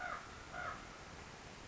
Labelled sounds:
Common Raven (Corvus corax)
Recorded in Sonoma County, California

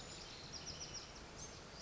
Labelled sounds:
Bewick's Wren (Thryomanes bewickii)
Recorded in Sonoma County, California

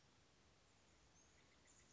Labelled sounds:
Steller's Jay (Cyanocitta stelleri)
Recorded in Sonoma County, California

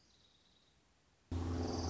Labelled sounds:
Orange-crowned Warbler (Leiothlypis celata)
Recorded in Sonoma County, California

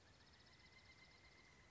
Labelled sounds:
Pileated Woodpecker (Dryocopus pileatus)
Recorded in Sonoma County, California

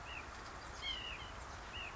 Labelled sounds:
White-breasted Nuthatch (Sitta carolinensis)
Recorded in Sonoma County, California

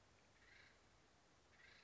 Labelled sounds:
Acorn Woodpecker (Melanerpes formicivorus)
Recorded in Sonoma County, California

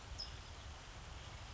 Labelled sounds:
California Towhee (Melozone crissalis)
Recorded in Sonoma County, California

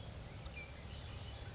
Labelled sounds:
Orange-crowned Warbler (Leiothlypis celata)
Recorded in Sonoma County, California

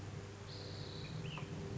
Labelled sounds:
Ash-throated Flycatcher (Myiarchus cinerascens)
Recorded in Sonoma County, California

